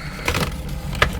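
A plectrum or pry tool is run around the side of the plastic base of an HP Pavilion 15-p147na laptop, being taken apart to replace a liquid-damaged keyboard, to release the clips holding the top case. Faint scraping and crackling ticks around 0.3–0.4 s lead to a sharp snap at 1.0 s. The clips release there; the snap is the clips letting go, not the plastic breaking.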